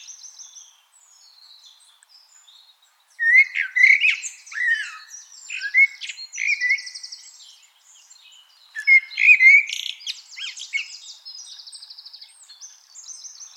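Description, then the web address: Common blackbird singing two loud phrases several seconds apart, each a mellow warble ending in shrill twittering, with quiet high chatter between. "SETE Turdus merula"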